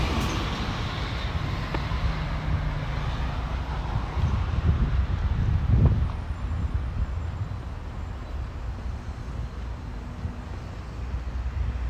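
Walking in Modiin, Israel, a steady wash of traffic fills the street, with a low rumble that swells as a vehicle passes around the middle. Faint clicks, possibly footsteps, appear early on, and a thin high whine runs through the second half.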